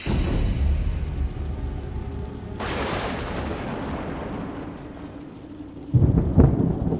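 thunderclap

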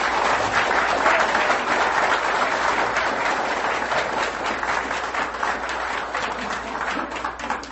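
audience applause

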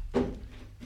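door opening or closing

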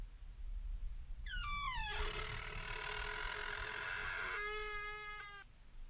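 door slowly opening

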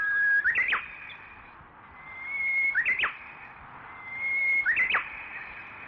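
small birds chirping

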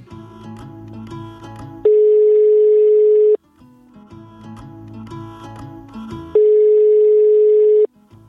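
telephone ringing tone

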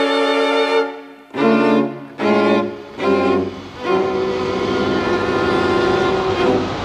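train arriving

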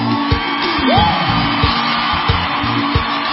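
crowd cheering and applauding

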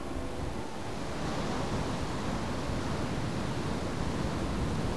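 ocean waves and surf

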